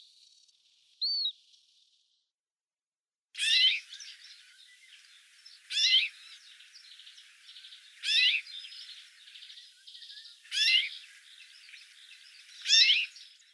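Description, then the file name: Common rosefinch song, a short whistled phrase repeated roughly every two and a half seconds, with a steady background hiss and a faint earlier note. Russia. "Pticy Rossii - Obyknovennaya chechevica Carpodacus erythrinus"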